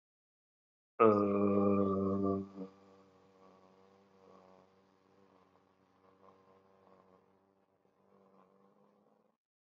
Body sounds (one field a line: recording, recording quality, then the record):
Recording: sustained vowel as in made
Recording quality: excellent, no background noise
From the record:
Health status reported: healthy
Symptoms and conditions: hypertension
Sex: male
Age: 51 years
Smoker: not ticked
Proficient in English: yes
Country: India